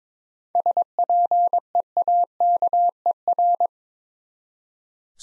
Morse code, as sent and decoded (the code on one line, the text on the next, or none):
... .--. . .- -.- . .-.
SPEAKER